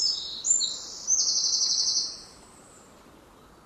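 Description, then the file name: Eurasian wren singing the close of a strophe: a few high notes, then a fast, even, metallic trill of about one second before falling silent. "Troglodytes troglodytes"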